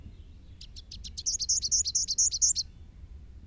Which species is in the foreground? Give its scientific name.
Basileuterus rufifrons